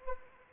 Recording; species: mosquito wingbeat signal from an infrared sensor; Anopheles arabiensis